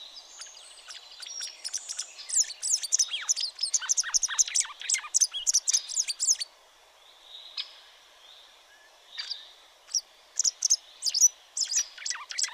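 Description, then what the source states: Pied wagtail giving a rapid run of high, bright chirps for about six seconds, a pause, then scattered sharp calls toward the end. Twittering song from a perch or in flight; calls while flying over favourite hunting grounds to check whether another pied wagtail is already feeding there; distinctive two-tone 'chiswick' flight call.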